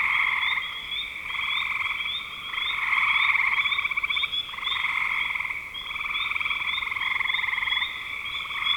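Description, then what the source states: Frog chorus with rapid rattling trills in bursts of roughly one to two seconds, overlapping callers keeping the sound nearly continuous. Recorded in spring 2025.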